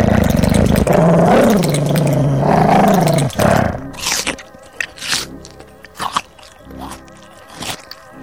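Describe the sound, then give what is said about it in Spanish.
A creature, Tula, lets out a deep, bubbling growl from beneath its long neck that rumbles loudly for a few seconds with a wavering pitch, then breaks off into quieter scattered clicks and rustles. “Profundo borboteo que no llega a hacerse gruñido palpita bajo el largo cuello de Tula.”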